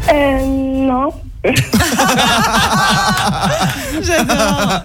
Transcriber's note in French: Rires des animateurs